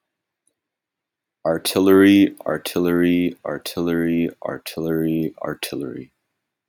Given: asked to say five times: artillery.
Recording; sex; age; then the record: repeated word; male; 20 to 29 years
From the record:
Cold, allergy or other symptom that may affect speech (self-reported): no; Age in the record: 24 years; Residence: Virginia, United States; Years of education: 15